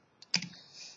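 A built plastic brick sub-assembly is pressed onto a 4x4 stud area of a toy truck base. After a faint tap at 0.2 s, a sharp snap at 0.3 s marks it seating onto the studs, followed by a smaller click and a soft fading rustle. The sub-assembly fits together perfectly.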